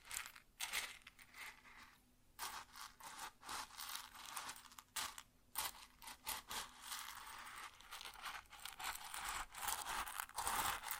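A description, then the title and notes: Grain pours and rustles in dense, hissing bursts, bright and crinkly, with brief pauses near two and five seconds and a faint low hum beneath. ASMR Grain Sounds (No Talking).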